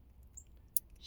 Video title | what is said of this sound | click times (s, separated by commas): 2020 Jeep Renegade Latitude -Replace Install 3rd Brake Light | Snap right in. | 0.8 s